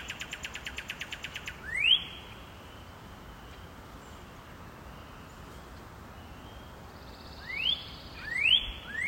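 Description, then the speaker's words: Northern Cardinal chattering: a rapid string of sharp metallic chips, then several bright upslurred notes rising quickly, over a steady low hiss of background noise. Female chattering up in a tree on a spring evening, recorded just outside a building's front door. "We'll leave you this week with a sound from just outside our front door here at IPR, a northern cardinal up in a tree chattering away on a spring evening."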